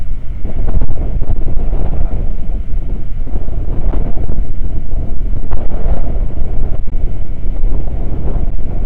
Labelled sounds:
wind
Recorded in the Prudhoe Bay oil fields, Alaska, on 9 August 2019 at 00:04
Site 29

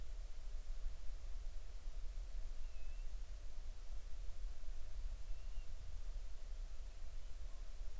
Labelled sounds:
bird
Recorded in the Arctic National Wildlife Refuge, Alaska, on 20 July 2019 at 02:40
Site 38

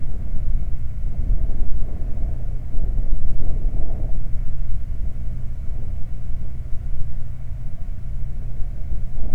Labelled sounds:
waterfowl, wind
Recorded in the Prudhoe Bay oil fields, Alaska, on 12 July 2019 at 00:05
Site 29

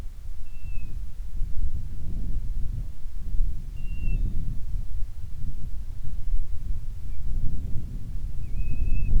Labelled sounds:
bird, wind
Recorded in the Prudhoe Bay oil fields, Alaska, on 25 July 2019 at 02:01
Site 11

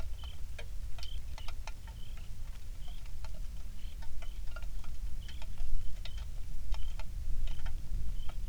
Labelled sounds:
songbird, rain
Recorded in the Prudhoe Bay oil fields, Alaska, on 27 July 2019 at 18:14
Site 19

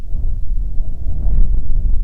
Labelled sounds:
wind
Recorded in the Prudhoe Bay oil fields, Alaska, on 6 June 2019 at 03:38
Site 16

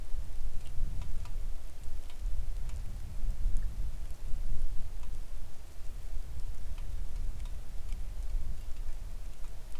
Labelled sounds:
rain
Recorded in the Arctic National Wildlife Refuge, Alaska, on 3 August 2019 at 09:30
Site 41

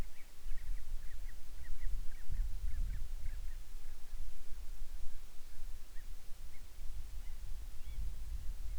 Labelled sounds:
bird
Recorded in the Arctic National Wildlife Refuge, Alaska, on 10 July 2019 at 18:04
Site 44

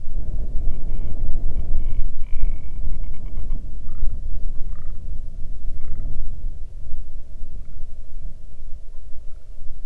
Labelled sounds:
grouse or ptarmigan, wind
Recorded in the Arctic National Wildlife Refuge, Alaska, on 8 June 2019 at 00:06
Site 40

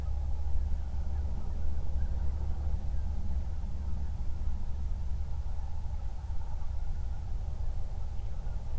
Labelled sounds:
waterfowl, wind, man-made sound
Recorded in the Prudhoe Bay oil fields, Alaska, on 31 July 2019 at 08:39
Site 24

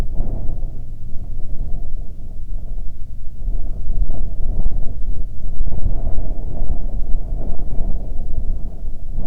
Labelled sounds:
wind, aircraft
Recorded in the Arctic National Wildlife Refuge, Alaska, on 27 July 2019 at 17:29
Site 40

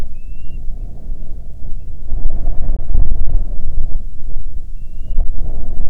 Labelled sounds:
bird, wind
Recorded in the Arctic National Wildlife Refuge, Alaska, on 9 July 2019 at 22:32
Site 48

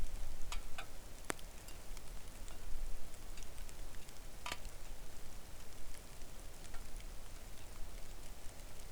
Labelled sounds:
wind, rain
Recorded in the Arctic National Wildlife Refuge, Alaska, on 3 August 2019 at 09:37
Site 41

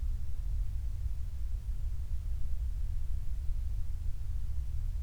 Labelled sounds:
near silence
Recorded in the Prudhoe Bay oil fields, Alaska, on 28 July 2019 at 06:21
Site 25

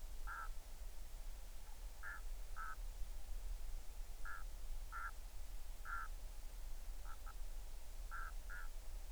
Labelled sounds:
waterfowl
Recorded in the Arctic National Wildlife Refuge, Alaska, on 20 July 2019 at 02:47
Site 38

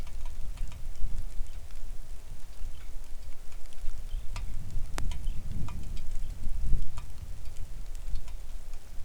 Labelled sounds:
songbird, wind, rain
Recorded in the Arctic National Wildlife Refuge, Alaska, on 3 August 2019 at 09:52
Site 41

